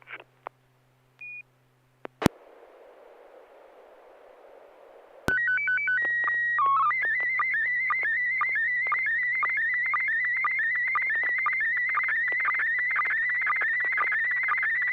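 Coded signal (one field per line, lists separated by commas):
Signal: SSTV (slow-scan television)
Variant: PD120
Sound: short beeps and hiss, then stepping tones and a continuous warbling whine with rhythmic clicks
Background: FM radio hiss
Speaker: I do have a picture ready. Well, I imagine we all just have our software in auto mode. It's going to be in PD 120 for those that need that, but here we go. Stand by.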